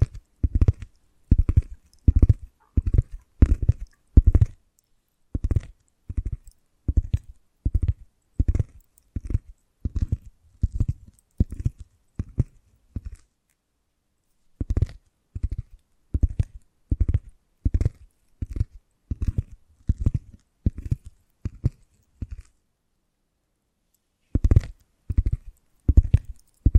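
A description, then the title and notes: Tapping in quick, fairly regular runs of dull, low knocks with a light ticking edge, about three per second at first, then looser. The taps stop twice in silent gaps, near 14 and 23 seconds, before resuming. Invisible Tapping, Scratching, Tracing (No Talking).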